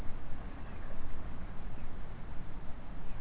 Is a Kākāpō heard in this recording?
no